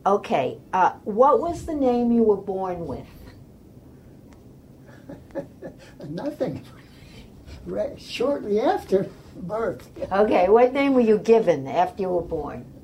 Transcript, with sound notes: Okay ah what was the name you were born with?
(laughs) Ah nothing. (laughs) Shortly after -- birth.
Okay what name were you given after you were born?